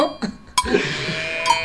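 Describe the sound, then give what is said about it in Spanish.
Sheep bleating: a couple of short bursts, then a long, wavering, nasal cry with a strong harmonic tone, steady and fairly loud. No one speaks. “Sí, no, es cierto, eran ovejas.”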